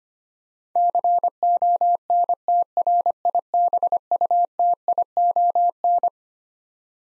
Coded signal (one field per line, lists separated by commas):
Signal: Morse code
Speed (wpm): 25 wpm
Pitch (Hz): 700 Hz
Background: none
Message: CONTRIBUTION